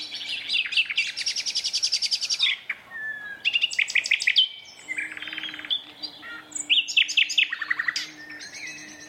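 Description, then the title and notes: Common nightingale song: loud rapid trills and churring rattles alternating with pure whistled notes, over a low steady hum. Two males singing a competitive duet at dusk in a dense thorn thicket, north Dorset countryside woodland, during the dusk chorus; a tractor mowing the year's first silage nearby. "Sound Escape: An astonishing nightingale duet in a Dorset woodland. BBC Countryfile Magazine's Sound Escapes"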